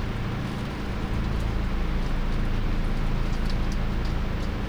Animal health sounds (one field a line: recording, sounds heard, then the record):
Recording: poultry house recording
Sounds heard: no chicken sound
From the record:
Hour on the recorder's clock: 1